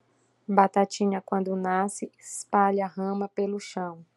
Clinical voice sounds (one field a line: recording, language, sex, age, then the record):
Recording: short text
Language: Brazilian Portuguese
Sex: female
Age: 30 to 39 years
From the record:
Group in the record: control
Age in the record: 39 years